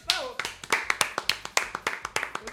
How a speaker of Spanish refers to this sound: ¡Me he colado en el guión! ¡Un aplauso para mí!